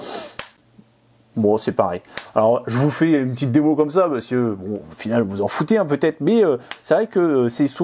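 The magnetic hinged lid of a second wireless earbud charging case is closed for comparison, giving a single sharp snap at 0.4 s as it shuts fully. After a short quiet pause, someone talks.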